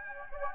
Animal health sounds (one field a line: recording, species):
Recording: mosquito wingbeat signal from an infrared sensor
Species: Anopheles gambiae